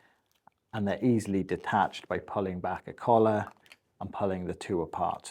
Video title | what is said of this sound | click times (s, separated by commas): Hose Connectors 101: Everything You Need to Know | This is a lockin system where you push two connectors together and they'll click into place | 0.5 s